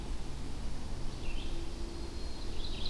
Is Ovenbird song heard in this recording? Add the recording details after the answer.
no. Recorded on 25 June 2016 at 06:49. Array SBT-6-76